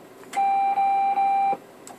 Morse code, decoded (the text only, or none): none